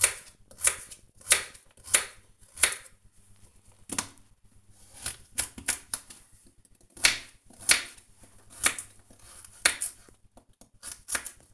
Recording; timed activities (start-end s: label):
household activities, microphone on the right wrist
0.00-11.54 s: cutting vegetables